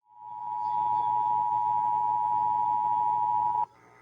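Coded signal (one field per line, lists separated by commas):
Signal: Emergency Alert System (SAME) tones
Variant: 853 and 960 Hz attention tone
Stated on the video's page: AMBER child abduction alert relayed on an FM station.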